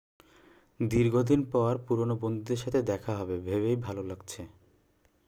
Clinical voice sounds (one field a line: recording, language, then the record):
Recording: elicited speech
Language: Bengali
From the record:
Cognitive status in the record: cognitively healthy